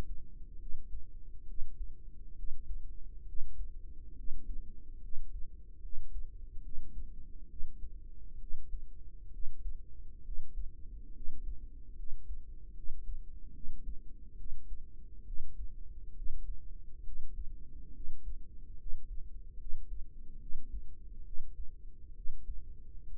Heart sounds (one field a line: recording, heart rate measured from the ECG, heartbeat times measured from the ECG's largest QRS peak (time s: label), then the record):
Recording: heart sounds by microphone in the right ear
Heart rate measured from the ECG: 69 bpm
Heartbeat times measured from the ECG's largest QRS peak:
0.57 s: heartbeat
1.44 s: heartbeat
2.34 s: heartbeat
3.24 s: heartbeat
4.13 s: heartbeat
4.99 s: heartbeat
5.79 s: heartbeat
6.60 s: heartbeat
7.46 s: heartbeat
8.37 s: heartbeat
9.29 s: heartbeat
10.21 s: heartbeat
11.11 s: heartbeat
11.93 s: heartbeat
12.72 s: heartbeat
13.51 s: heartbeat
14.35 s: heartbeat
15.23 s: heartbeat
16.12 s: heartbeat
17.02 s: heartbeat
17.91 s: heartbeat
18.75 s: heartbeat
19.56 s: heartbeat
20.37 s: heartbeat
21.22 s: heartbeat
22.12 s: heartbeat
23.05 s: heartbeat
From the record:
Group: healthy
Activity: rest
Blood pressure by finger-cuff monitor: 119/59 mmHg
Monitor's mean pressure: 76 mmHg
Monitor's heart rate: 68 bpm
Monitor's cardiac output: 5.9 L/min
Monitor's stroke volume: 84 mL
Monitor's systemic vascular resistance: 930 dyn s/cm5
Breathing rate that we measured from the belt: 9 breaths a minute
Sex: female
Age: 32 years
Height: 168 cm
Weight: 61.9 kg